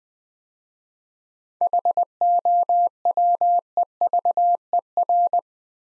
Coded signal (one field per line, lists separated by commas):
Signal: Morse code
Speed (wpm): 20 wpm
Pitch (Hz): 700 Hz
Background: none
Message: HOWEVER